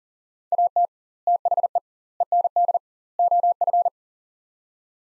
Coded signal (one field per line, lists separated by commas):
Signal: Morse code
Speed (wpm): 40 wpm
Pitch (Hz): 700 Hz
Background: none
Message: AT THE END OF